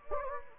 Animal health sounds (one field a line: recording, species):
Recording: mosquito wingbeat signal from an infrared sensor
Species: Anopheles gambiae